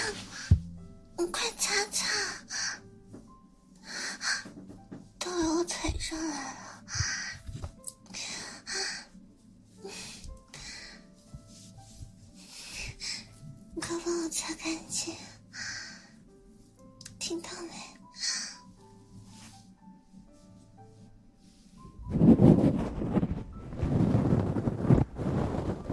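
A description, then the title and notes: Ear cleaning and ear massage, with bursts of crisp, crackly scratching and rubbing that come and go every second or two over a low, steady hum. Soft voice-like murmurs appear in places. From about 22 seconds a louder, dense rumbling rub fills the end. ASMR Ear cleaning & Ear massage.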